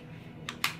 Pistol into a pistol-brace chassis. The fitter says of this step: that's what locks it into place.